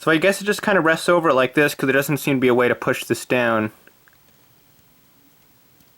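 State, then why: Not seated. A plastic Gunpla armor piece is being handled over a movable joint on a model kit while someone talks for the first three and a half seconds. Then it goes quiet apart from a faint tick near 4.1 seconds. Nothing has seated or clicked yet.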